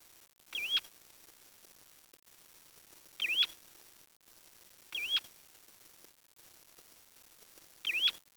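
Bird call, four separate wavering whistles, each a brief up-and-down slur, spaced a few seconds apart over a quiet background.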